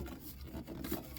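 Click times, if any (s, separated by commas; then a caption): 1.2 s. The end of a metal gutter downspout is squeezed and slid into a downspout elbow, with a low scraping, rubbing sound as the metal moves. It pops into place with a sharp click at 1.2 s, seating the downspout in the elbow.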